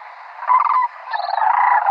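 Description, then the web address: Sandhill crane giving rolling, rattling calls, with a louder burst in the first half. "Schulze Peter Sandhill Crane"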